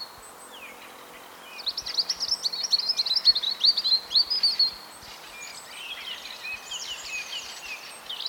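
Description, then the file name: European robin song: thin, high warbled phrases sliding between notes, a long sparkling run near the middle, then a quieter second phrase, over steady background hiss. "Erithacus rubecula"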